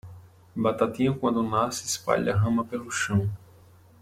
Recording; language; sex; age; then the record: short text; Brazilian Portuguese; male; 30 to 39 years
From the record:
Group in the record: control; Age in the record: 32 years